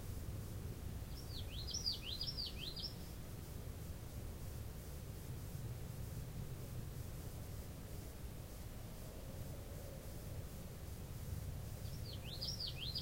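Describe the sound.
Common yellowthroat song of quick repeated swooping notes early on, repeated about ten seconds later as a partial phrase, with a continuous low rumble beneath.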